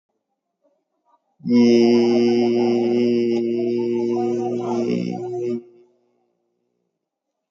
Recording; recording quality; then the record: sustained vowel as in beet; excellent, no background noise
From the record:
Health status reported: COVID-19 positive, moderate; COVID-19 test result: positive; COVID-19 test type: RT-PCR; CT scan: taken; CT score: 13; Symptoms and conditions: cough, cold, breathing difficulty, sore throat, fatigue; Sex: male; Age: 48 years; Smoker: no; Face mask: worn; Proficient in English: yes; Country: India